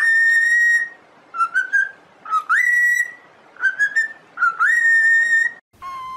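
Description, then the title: Cockatiel song of clear, pure whistles: long steady notes alternating with short rising slurs, the phrases separated by brief silences. From a one-hour song recording made for training cockatiels. "Canto De 1 Hora Para Treinar Calopsita"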